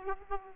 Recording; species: mosquito wingbeat signal from an infrared sensor; Aedes aegypti